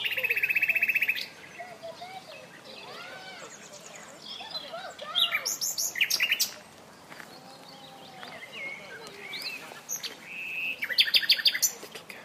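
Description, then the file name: Common nightingale song in bursts: rapid trilled and buzzy phrases separated by pauses, with softer arched notes between them. "Luscinia megarhynchos"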